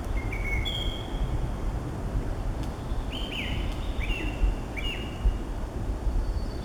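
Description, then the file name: Song thrush singing short clear whistled phrases, several brief notes repeated about once a second, over a constant low rumbling background noise. Recorded 23 April 2015. "Pevchij drozd - 23 04 2015"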